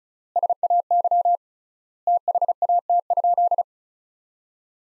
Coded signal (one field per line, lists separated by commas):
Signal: Morse code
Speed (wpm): 36 wpm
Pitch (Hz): 700 Hz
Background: none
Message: SAY THAT?